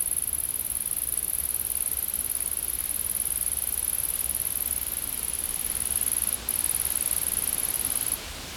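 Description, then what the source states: Insect, a continuous high-pitched hiss that breaks off for a moment, resumes, then stops shortly before the end; low rumble underneath. Recorded in a field.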